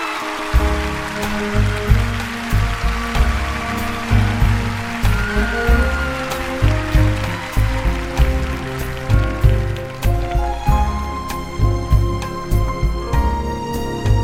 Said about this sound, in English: Ladies and gentlemen, please, a huge round of applause for my friend and yours